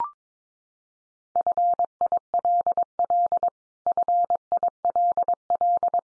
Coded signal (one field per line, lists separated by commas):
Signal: Morse code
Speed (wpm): 22 wpm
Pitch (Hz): 700 Hz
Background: none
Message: FILL FILL